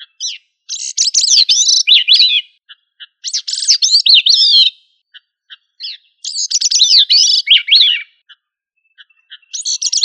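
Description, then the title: Thrush delivering repeated rich warbled phrases, each a second or two long, with short pauses and soft short notes in between. "Familia Turdidae - Sabia"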